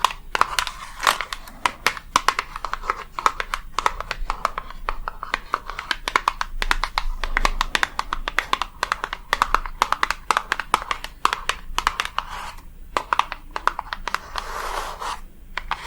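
Quick, crisp tapping runs through the whole clip in dense, uneven bursts, with light crinkly textures between the taps. The taps are bright and sharp, with a couple of brief lulls near the end. A faint low hum sits underneath throughout.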